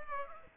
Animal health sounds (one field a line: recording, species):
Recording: mosquito wingbeat signal from an infrared sensor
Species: Aedes aegypti